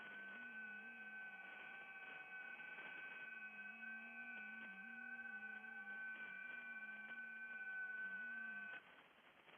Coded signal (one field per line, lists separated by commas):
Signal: FT8